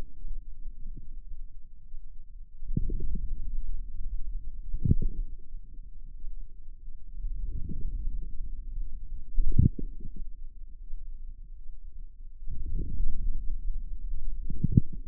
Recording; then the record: forearm muscle sounds (acoustic myography)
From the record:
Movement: outward rotation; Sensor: system 2, bracelet of six BSWA MPA416 microphones around the upper forearm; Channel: 4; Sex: female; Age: 23 years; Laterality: right